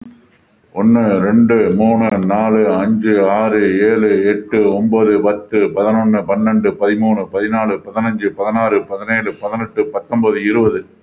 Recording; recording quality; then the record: counting at a fast pace; excellent, no background noise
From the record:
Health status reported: respiratory illness, not identified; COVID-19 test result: negative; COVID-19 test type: RT-PCR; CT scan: not taken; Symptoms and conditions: breathing difficulty, fatigue, another respiratory illness, hypertension, diabetes, another condition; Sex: male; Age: 55 years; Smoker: yes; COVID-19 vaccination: both doses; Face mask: worn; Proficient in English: yes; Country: India